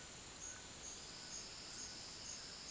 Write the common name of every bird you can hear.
none